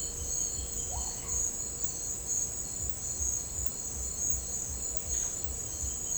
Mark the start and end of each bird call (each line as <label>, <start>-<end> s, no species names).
bird call, 0.00-1.27 s
bird call, 5.06-5.41 s